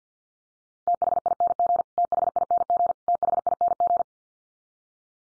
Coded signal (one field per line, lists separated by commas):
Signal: Morse code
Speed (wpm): 48 wpm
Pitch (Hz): 700 Hz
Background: none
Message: THING THING THING